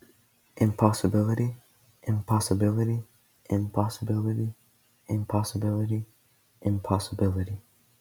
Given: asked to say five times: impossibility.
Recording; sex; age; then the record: repeated word; male; 20 to 29 years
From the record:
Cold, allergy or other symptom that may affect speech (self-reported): no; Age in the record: 21 years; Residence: North Carolina, United States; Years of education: 16